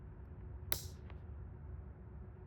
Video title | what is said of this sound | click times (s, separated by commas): Dainese Misano 3 / Mugello 3 D-Air Setup and Gas Generator Swap Tutorial | You should hear a nice click. | 0.7 s